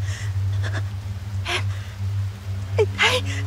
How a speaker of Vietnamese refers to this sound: Mợ Ba mở bừng mắt, đồng tử co lại vì kinh hoàng. Mợ thở hổn hển, hai tay bấu chặt lấy cánh tay của chồng, móng tay cắm sâu vào da thịt cậu.